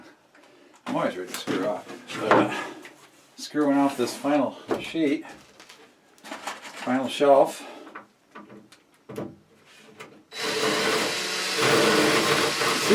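A wood screw is driven into the final board of a pine shelf unit while someone talks, with a few short knocks between the words and a burst of loud broadband noise near the end. The screw strips its hole in the soft pine instead of pulling tight, so nothing has seated.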